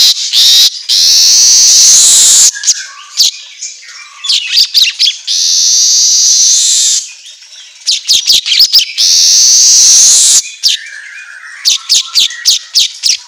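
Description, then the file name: Asian golden weaver singing, sizzling drawn-out buzzes alternating with rapid clicking chatter and low warbled notes. Song recording meant for training songbirds to sing constantly ('auto gacor'). "Suara Kicau Manyar Kepala Emas Auto Gacor"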